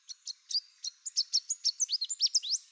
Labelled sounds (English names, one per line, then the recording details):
Chestnut-capped Warbler song
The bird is a male
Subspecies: delattrii
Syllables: 16
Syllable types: 12
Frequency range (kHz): 3.0-8.2 kHz
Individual CR-NRS-M